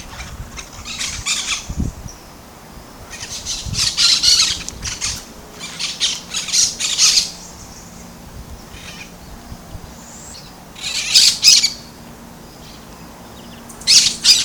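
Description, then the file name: Brown-throated parakeet giving harsh, grating screeches in bursts of several notes at irregular intervals, with quieter pauses between. Recorded at Bubali, Aruba, on 15 November 2012. "Aratinga-pertinax-Bubali-Aruba-15-11-12-ASilveira"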